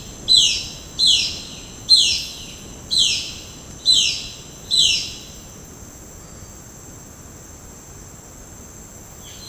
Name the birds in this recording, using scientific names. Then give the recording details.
Cyanocorax violaceus. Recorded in dense forest near Puerto Asís, Putumayo, Colombia, on 30 June 2025 at 10:00. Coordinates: 0.486, -76.317. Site G065